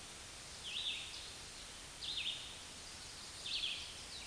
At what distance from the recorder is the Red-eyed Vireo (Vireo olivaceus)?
about 35 m